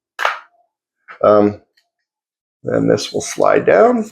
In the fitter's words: And then there's a little click at the end here. It's kind of satisfying, actually.